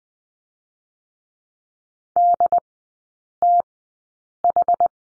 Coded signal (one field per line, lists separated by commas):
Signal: Morse code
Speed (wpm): 19 wpm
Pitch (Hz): 700 Hz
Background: none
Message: D T H